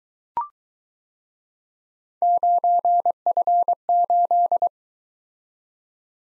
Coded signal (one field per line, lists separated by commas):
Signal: Morse code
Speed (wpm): 22 wpm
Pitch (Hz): 700 Hz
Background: none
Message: 9F8